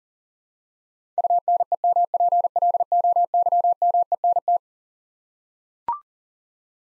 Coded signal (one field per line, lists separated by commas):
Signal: Morse code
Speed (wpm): 40 wpm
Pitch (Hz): 700 Hz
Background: none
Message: UNEMPLOYMENT